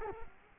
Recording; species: mosquito wingbeat signal from an infrared sensor; Culex quinquefasciatus